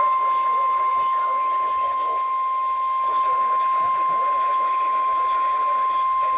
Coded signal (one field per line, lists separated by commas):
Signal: Emergency Alert System (SAME) tones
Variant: 1050 Hz attention tone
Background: speech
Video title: EAS alerts in eastern time part 2